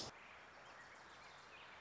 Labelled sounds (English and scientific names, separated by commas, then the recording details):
Wilson's Warbler (Cardellina pusilla)
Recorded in Sonoma County, California